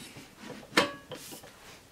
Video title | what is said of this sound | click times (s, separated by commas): HOMGEEK ❤️ Electric Meat Grinder - Review ✅ | it clicks into place then let's | 0.8 s